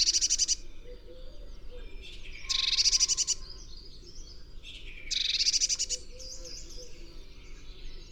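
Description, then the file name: Eurasian blue tit churring: dry, buzzy pulsed rattles repeated roughly every two and a half seconds, with quieter high chips and twitters in between. "Cyanistes caeruleus"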